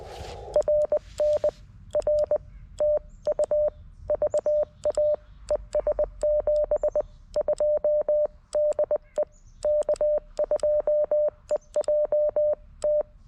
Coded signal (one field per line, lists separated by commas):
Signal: Morse code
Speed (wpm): 20 wpm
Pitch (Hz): 590 Hz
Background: none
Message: RN R TU VA ES 72 DE K2EJT